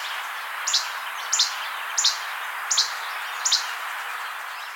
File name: Empidonax minimus - Least Flycatcher